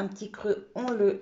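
A removable part is being handled as it is clipped back into the body of an Ultenic U12 Vesla cordless stick vacuum. Someone talks throughout, and nothing has seated or clicked yet.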